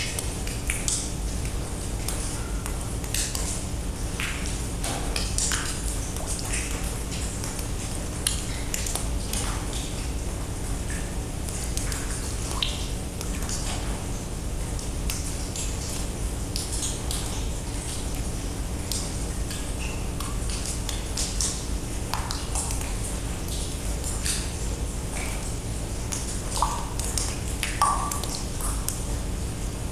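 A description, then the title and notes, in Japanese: Water drips fall inside a pitch-dark limestone cave, sharp little pings scattered irregularly every second or so, some bright, others softer. A steady low rumble fills the background throughout, and a few duller taps sound like drops landing nearby. ヤジャーガマ洞窟。真っ暗な鍾乳洞内で水滴が垂れる音です。私自身に水滴が当たる音もします（ちょっと鈍い音です）。マイクロフォン：RODE NT-SF1（FOA・Horizontal）。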